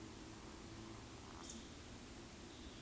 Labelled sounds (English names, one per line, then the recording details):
Eurasian Woodcock whistle
Eurasian Woodcock croak
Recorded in Baden-Württemberg, Germany, on 13 June 2021 at 19:50 UTC
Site 23718, 552 m above sea level